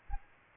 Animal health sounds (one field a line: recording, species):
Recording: mosquito wingbeat signal from an infrared sensor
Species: Aedes aegypti